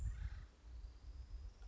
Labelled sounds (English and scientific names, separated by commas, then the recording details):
Acorn Woodpecker (Melanerpes formicivorus)
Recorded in Sonoma County, California